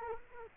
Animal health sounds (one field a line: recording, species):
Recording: mosquito wingbeat signal from an infrared sensor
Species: Culex quinquefasciatus